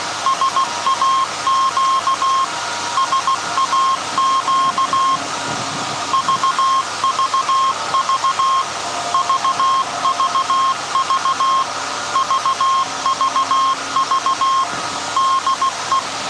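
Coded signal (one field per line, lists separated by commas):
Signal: Morse code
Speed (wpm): 16 wpm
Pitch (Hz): 1070 Hz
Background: none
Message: SAQ SAQ VVV VVV VVV DE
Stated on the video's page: Live transmission of a message from SAQ Grimeton by the 1924 Alexanderson alternator, after startup and tuning, on Alexanderson Day.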